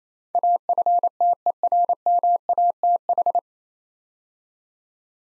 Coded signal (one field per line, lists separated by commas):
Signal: Morse code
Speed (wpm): 27 wpm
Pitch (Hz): 700 Hz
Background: none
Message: AFTERMATH